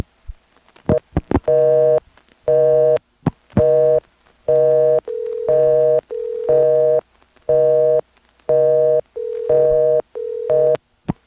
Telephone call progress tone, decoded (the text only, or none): busy tone